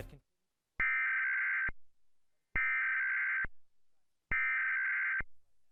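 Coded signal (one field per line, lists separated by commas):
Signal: Emergency Alert System (SAME) tones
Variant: header bursts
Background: speech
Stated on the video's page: Recorded from television broadcast, a station's second attempt at the National Periodic Test, taken from an archived upload; valid tones.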